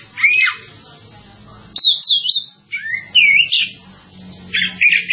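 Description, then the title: Java sparrow song: high whistled and chirped notes in short phrases with brief gaps, over a low background hum. "kicau gelatik"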